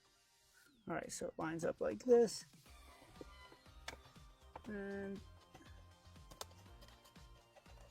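Someone talks while lining up the center screen wiring plug of a Tesla Model 3/Y with its connector on a Juniper swivel mount and pushing it in, with soft music in the background. Small clicks and handling sounds follow, and a sharp snap at 6.4 s marks the plug seating in the connector.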